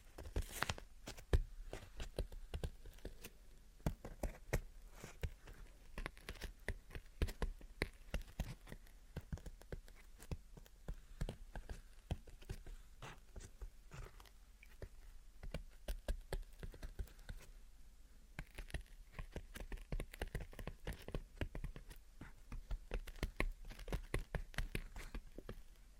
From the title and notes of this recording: Gentle Tapping and Scratching. (No Talking).